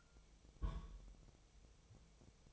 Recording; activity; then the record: daily activity, microphone in the room; place on stove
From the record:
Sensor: 1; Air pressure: 999.4 hPa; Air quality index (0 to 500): 198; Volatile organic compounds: 39 ppm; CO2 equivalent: 3136 ppm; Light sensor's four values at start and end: 9/22/8/9 and 9/22/8/9